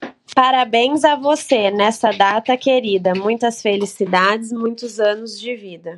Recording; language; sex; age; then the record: short text; Brazilian Portuguese; female; 20 to 29 years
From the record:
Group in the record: control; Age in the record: 24 years